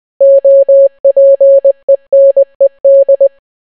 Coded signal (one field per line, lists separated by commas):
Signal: Morse code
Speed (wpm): 20 wpm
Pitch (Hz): 550 Hz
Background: none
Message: OPENED